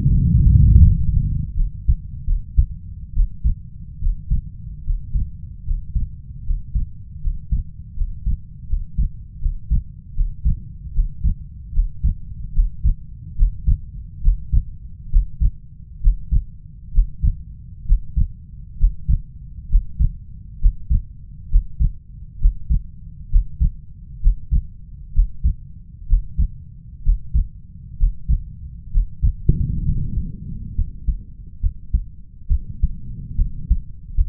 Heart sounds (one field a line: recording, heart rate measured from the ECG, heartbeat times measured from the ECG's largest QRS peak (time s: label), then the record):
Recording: heart sounds by stethoscope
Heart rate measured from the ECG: 70 bpm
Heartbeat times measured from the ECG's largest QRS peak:
0.05 s: heartbeat
0.81 s: heartbeat
1.55 s: heartbeat
2.25 s: heartbeat
3.13 s: heartbeat
4.00 s: heartbeat
4.83 s: heartbeat
5.64 s: heartbeat
6.44 s: heartbeat
7.20 s: heartbeat
7.95 s: heartbeat
8.67 s: heartbeat
9.39 s: heartbeat
10.14 s: heartbeat
10.93 s: heartbeat
11.72 s: heartbeat
12.53 s: heartbeat
13.36 s: heartbeat
14.21 s: heartbeat
15.10 s: heartbeat
16.01 s: heartbeat
16.92 s: heartbeat
17.85 s: heartbeat
18.77 s: heartbeat
19.69 s: heartbeat
20.59 s: heartbeat
21.49 s: heartbeat
22.39 s: heartbeat
23.29 s: heartbeat
24.20 s: heartbeat
25.12 s: heartbeat
26.07 s: heartbeat
27.02 s: heartbeat
27.97 s: heartbeat
28.91 s: heartbeat
29.84 s: heartbeat
30.75 s: heartbeat
31.60 s: heartbeat
32.48 s: heartbeat
33.36 s: heartbeat
34.15 s: heartbeat
From the record:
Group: healthy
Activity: breath hold 0-30 s, rest 30-34 s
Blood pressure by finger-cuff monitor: 100/77 mmHg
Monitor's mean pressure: 84 mmHg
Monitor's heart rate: 68 bpm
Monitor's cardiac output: 4.7 L/min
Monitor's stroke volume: 69 mL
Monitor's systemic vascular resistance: 1300 dyn s/cm5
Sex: male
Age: 20 years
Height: 187 cm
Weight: 68.9 kg